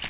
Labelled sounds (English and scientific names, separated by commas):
Yellow-rumped Warbler (Setophaga coronata) flight call